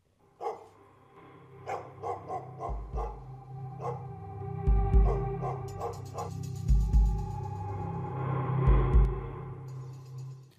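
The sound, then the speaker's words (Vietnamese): A dog outside a gate barks over and over in sharp, loud bursts, the barks coming in an uneven rhythm over a low, rumbling background, with heavier thuds now and then. “Mặc kệ cho con chó vẫn cứ sủa đinh tai nhức óc.”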